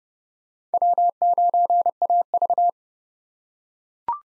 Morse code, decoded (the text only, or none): W9AV